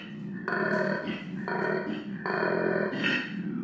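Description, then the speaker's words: Koala bellowing: deep, rasping grunts alternate with louder, harmonic groaning bursts, several in quick succession. Male koala; deep call from the throat, audible up to a kilometre away when quiet. "Die meisten Menschen können sich wohl kaum vorstellen, dass ein Tier, das so süß und kuschelig wie ein Teddybär aussieht, solche Laute ausstößt. Aber dies ist nun mal der Ruf des männlichen Koalas."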